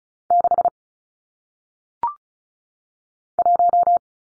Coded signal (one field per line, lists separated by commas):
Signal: Morse code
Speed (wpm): 35 wpm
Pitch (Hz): 700 Hz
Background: none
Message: 6 1